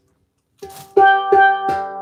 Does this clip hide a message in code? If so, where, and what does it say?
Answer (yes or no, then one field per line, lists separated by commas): no